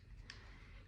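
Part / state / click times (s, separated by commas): flosser tip into the top of a water flosser handle / seated / 0.3 s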